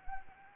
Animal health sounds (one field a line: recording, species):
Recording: mosquito wingbeat signal from an infrared sensor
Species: Anopheles arabiensis